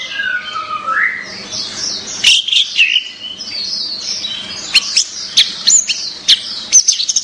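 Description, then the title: Orange-headed thrush song, a rapid run of varied high phrases, slurred notes mixed with sharp chips. "Anis Merah"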